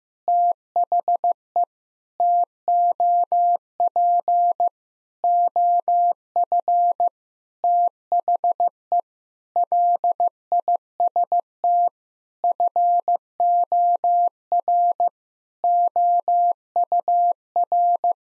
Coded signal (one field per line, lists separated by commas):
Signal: Morse code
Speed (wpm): 16 wpm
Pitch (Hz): 700 Hz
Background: none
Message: THE TOP OF THE LIST FOR OUR